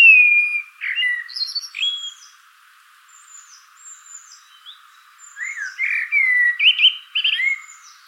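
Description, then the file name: Common blackbird sings a clear whistled opening with high squeaky notes, falls quiet with faint twitters, then delivers a second mellow, looping warble. "Turdus merula"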